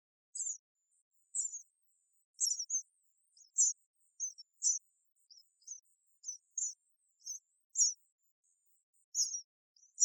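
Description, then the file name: House sparrow chirps, short bright notes given in loose irregular bursts, one or two at a time with pauses between. "Passer domesticus"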